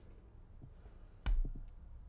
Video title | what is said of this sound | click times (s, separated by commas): Mancraft PDiK V2 and V3 engine Nozzle Length Adjustment | you will hear a click | 1.3 s